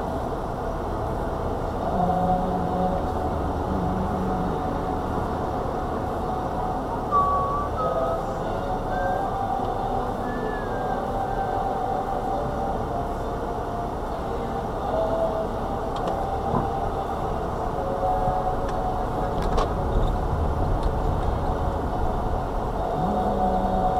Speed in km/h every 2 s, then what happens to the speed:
2, 2, 2, 2, 2, 2, 2, 2, 6, 16, 13, 3.
0-14 standing. 14-18 pulls away to 16. 18-24 slows to 3.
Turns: none.